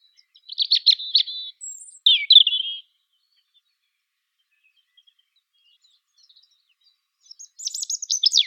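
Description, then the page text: European robin singing short high warbled phrases, two quick tinkling bursts, a pause of several seconds, then another sharp descending twittering phrase. "Птицы-целители - Зарянка (Erithacus rubecula)"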